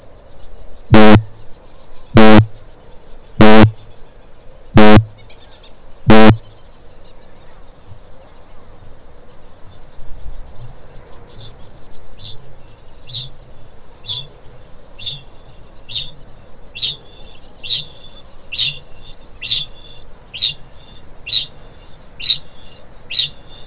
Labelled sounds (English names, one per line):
Kākāpō boom
Kākāpō ching call